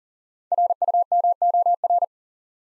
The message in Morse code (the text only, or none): RUMOR